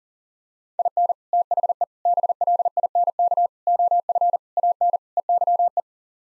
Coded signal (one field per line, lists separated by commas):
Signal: Morse code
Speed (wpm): 40 wpm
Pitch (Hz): 700 Hz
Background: none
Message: IN THE BLINK OF AN EYE